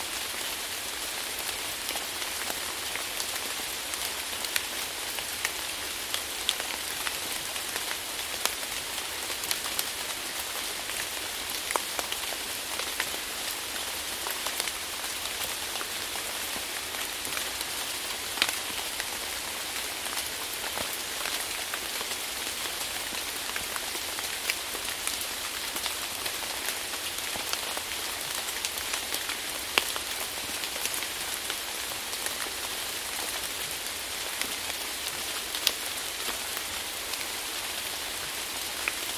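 Tropical rain falls steadily and heavily, a dense, constant hiss weighted toward the bright, high end. Countless drops tap on surfaces, with occasional sharper spatters standing out, while the overall loudness holds even throughout with no pauses or other sounds.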